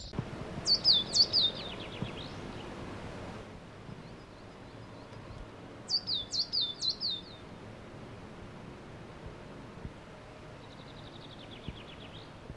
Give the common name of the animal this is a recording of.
Coal Tit